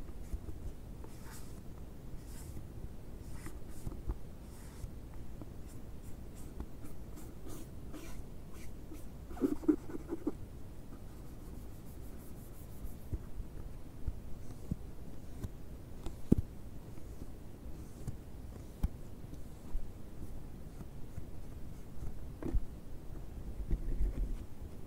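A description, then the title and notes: A box is opened and scratched, with a steady low rustle and scraping running the whole time. Sharp clicks and knocks break through now and then, with a cluster of louder scrapes near ten seconds and single taps around sixteen and twenty-three seconds. ASMR BOX OPENING, BOX SCRATCHING NO TALKING.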